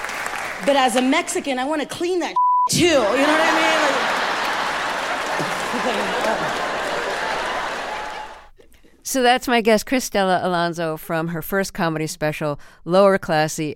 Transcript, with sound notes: But as a Mexican, I want to clean that [expletive] too. You know what I mean?
(LAUGHTER)
So, that's my guess Cristela Alonzo from her first comedy special, "Lower "Classy."